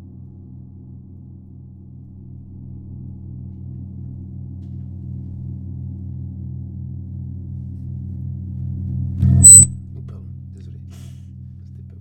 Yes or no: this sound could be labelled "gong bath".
yes